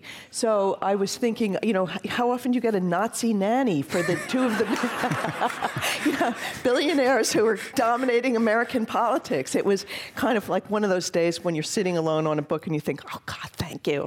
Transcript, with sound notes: So I was thinking, you know, how often do you get a Nazi nanny for the two of the --
[Laughter]
billionaires who were dominating American politics. It was kind of like one of those days when you're sitting alone on a book and you think, Oh God, thank you.